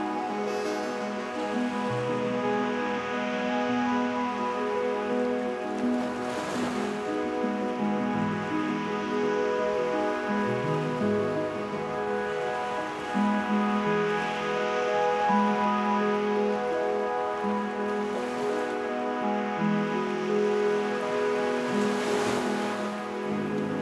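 Calm beach sounds: soft, sustained music tones hold steady while low notes shift slowly underneath, over a constant hiss of surf. Brighter wave washes swell through around 6, 15, 18 and 22 seconds, and the overall level stays even throughout.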